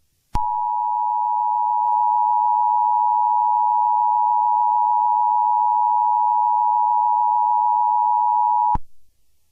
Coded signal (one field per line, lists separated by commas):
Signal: Emergency Alert System (SAME) tones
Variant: 853 and 960 Hz attention tone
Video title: EAS Scenario - Anonymous Sun Expansion